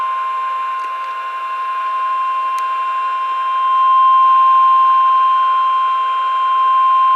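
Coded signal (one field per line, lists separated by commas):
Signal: Emergency Alert System (SAME) tones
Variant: 1050 Hz attention tone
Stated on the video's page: Tornado warning SAME tones from NOAA weather radio station KHA99, for Love and Marshall counties, Oklahoma.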